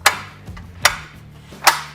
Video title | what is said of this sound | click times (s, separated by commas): Scala telescopica - Altezza massima di lavoro 3.74m | sure that those Rock locks are locked into place we'll do the same thing with the select grip | 0.1 s, 0.9 s